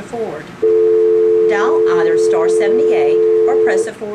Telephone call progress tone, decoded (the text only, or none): dial tone